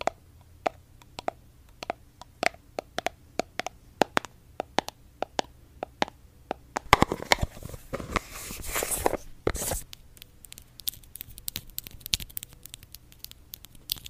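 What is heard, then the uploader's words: ASMR tapping: sharp, crisp taps land at a steady, fairly quick pace for the first seven seconds over a faint low hum. Around seven to ten seconds a denser burst of scratching, rustling texture takes over, then lighter, irregular taps return. Blue yeti microphone. Asmr tapping.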